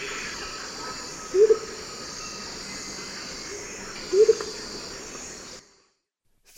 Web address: Natures Songs S America Eastern Lowlands Blue-crowned Motmot